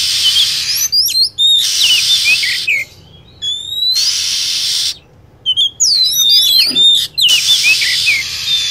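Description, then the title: Lovebird calls: busy mix of sharp chirps and swooping whistles overlapping with loud, noisy screeching in uneven bursts. Lure sound used for attracting lovebirds. "PIKAT BURUNG LOVEBIRD"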